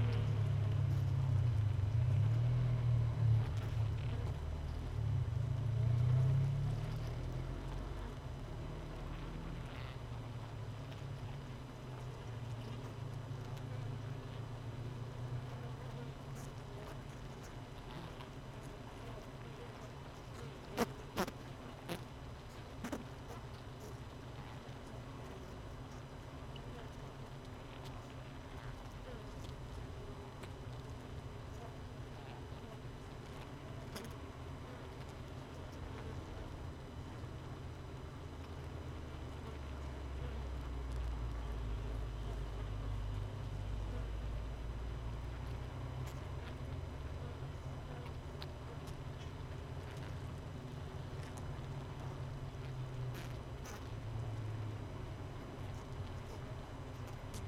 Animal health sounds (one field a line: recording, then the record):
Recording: honeybee colony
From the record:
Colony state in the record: missing queen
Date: 31 May 2018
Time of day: 17:46